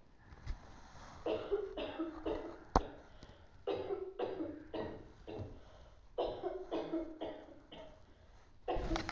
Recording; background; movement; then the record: deep breathing; a bystander coughing; sitting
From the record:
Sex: female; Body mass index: 18.8 kg/m2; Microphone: on the chest, facing outward